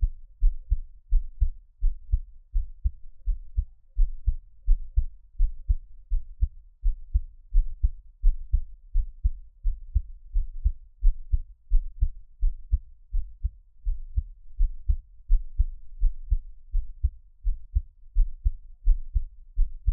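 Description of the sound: Steady, deep heartbeat thumps at about 85 beats a minute, heard close up with no talking.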